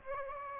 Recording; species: mosquito wingbeat signal from an infrared sensor; Aedes aegypti